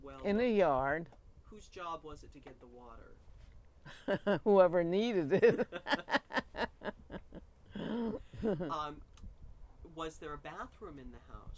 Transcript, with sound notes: In the yard.
Whose job was it to get the water?
Whoever needed it. (both laugh)
Was there a bathroom in the house?